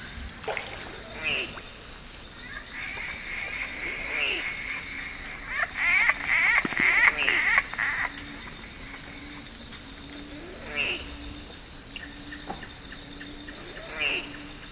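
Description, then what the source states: Squirrel glider calls, short arching harmonic notes repeated at irregular intervals, over a steady high insect drone and a low continuous hum. Recorded at night on 3 September 2018 at Twelve Mile Camp.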